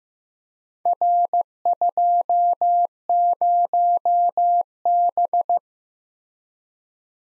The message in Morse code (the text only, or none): R20B